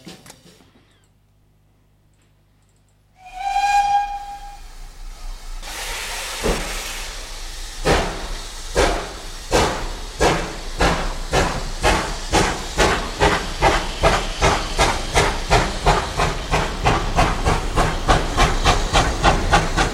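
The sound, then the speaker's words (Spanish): A steam train with wooden seats, carrying guests, sounds its departure whistle, a short, shrill tone after a quiet start, then a burst of hissing steam gives way to rhythmic chuffing that steadily speeds up as the engine departs. “Bueno, oye, que han subido al tren todos los invitados muy importantes que tenemos hoy y nos vamos allí corriendo porque va a pitar su salida.”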